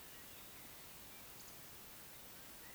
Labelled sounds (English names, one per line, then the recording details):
Eurasian Woodcock whistle
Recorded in Baden-Württemberg, Germany, on 16 June 2020 at 19:33 UTC
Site 45520, 595 m above sea level